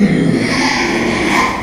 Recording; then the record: squeal of a Yucatan mini pig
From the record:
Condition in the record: after surgery on the right vocal fold (resection and tissue-engineered implant); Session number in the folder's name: 2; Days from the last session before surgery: 13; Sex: male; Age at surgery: 12 weeks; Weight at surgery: 13 kg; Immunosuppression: cyclosporine, prednisolone